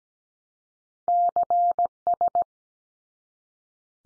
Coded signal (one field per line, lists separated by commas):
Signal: Morse code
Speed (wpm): 17 wpm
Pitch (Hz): 700 Hz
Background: none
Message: CS